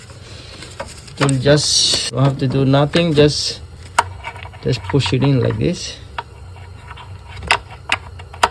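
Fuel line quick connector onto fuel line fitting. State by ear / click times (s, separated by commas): not seated / none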